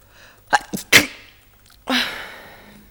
Sneezing.